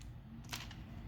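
A button on the second leg of a plastic transforming robot toy is pressed and the leg section is folded in toward the lower body, making a couple of brief plastic handling taps over a steady low hum. Nothing has locked into place yet.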